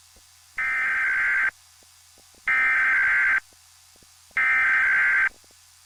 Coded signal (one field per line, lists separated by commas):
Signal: Emergency Alert System (SAME) tones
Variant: header bursts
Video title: EAS/EBS history part 2 (2001-2010) (LOUD SOUND WARNING)